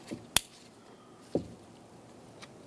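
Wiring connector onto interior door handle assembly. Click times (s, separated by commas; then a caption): 0.4 s. An electrical wiring connector is pushed onto the interior door handle assembly of a 2000-2007 Ford Focus and gives a sharp, bright click at 0.4 s as it seats. It is then pulled to check that it is locked, and a duller knock follows at about 1.4 s. A faint tick comes at about 2.4 s, and the connector is locked in place.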